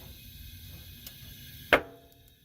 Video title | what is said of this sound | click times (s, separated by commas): Easy! HOW TO Replace Freightliner Century Cab Airbag DIY! SAVE OVER $300 in under 15 minutes! | it's going to pop into place pop | 1.7 s